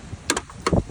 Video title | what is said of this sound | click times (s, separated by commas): Tuto remontage carte sanyo erreur e04 | donc vous glissez bien la carte dans les trous avec les picots et vous appuyez au niveau central jusqu'à entendre un petit clic. | 0.3 s, 0.7 s